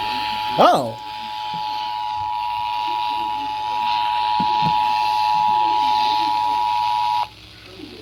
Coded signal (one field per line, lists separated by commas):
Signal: Emergency Alert System (SAME) tones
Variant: 853 and 960 Hz attention tone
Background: speech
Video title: End of May brings More Weather. | EAS alerts from 5/30-31/25 | EAS#2,067-2,084